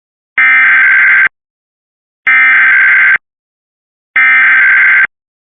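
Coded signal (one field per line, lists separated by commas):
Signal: Emergency Alert System (SAME) tones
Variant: header bursts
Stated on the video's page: Statewide child abduction emergency alert carried on Cox cable.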